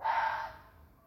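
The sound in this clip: Fox call: one short, harsh, hoarse screech that starts abruptly and trails off, against a still background.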